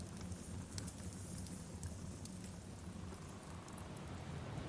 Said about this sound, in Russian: Шел дождь.